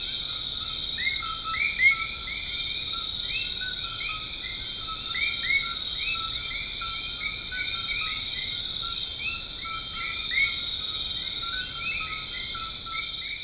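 Common coquis calling in chorus: overlapping two-note co-qui calls, a low note then a higher rising one, over a steady high insect drone.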